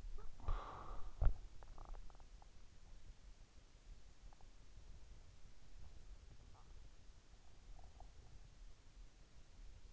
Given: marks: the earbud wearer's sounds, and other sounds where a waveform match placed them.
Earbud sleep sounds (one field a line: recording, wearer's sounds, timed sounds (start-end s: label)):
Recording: sounds in sleep by an in-ear microphone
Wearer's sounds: breath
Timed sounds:
0.00-1.74 s: breath